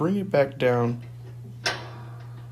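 Someone talks while a metal grille/guard section is brought back down onto the body of a KeroHeat 23,500 BTU kerosene heater, where it locks in place by its tabs. A short sharp knock sounds at about 1.7 s, followed by a quiet low hum. Nothing has seated yet by the end of the clip.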